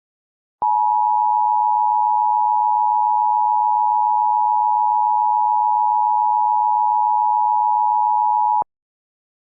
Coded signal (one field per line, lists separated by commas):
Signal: Emergency Alert System (SAME) tones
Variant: 853 and 960 Hz attention tone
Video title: EAS Simulacion / EAS mock: Un dia normal en Kansas.